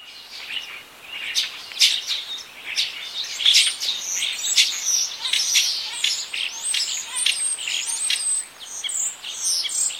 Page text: Common Starling Singing Bird. knut the bird nerd